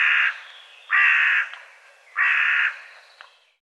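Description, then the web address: Bird giving three harsh, hoarse caws, each about half a second long and spaced roughly a second apart, with a faint click after the last. "cianscape birddata Deverinetal 2025 File cleaned normalized Bird"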